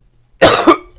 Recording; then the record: coughing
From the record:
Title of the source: Coughing 79